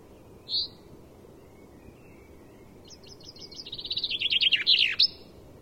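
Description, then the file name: Common Chaffinch song: a lone sharp note, a pause, then a quickening descending series of chipping notes that grows louder and ends in a brief flourish. "Fringilla coelebs"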